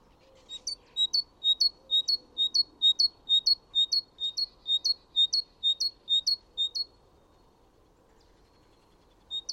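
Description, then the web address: Great tit song: a rhythmic series of bright, high two-note phrases lasting about six seconds, then a pause and one final note. "chant didier collin mesange charbonniere"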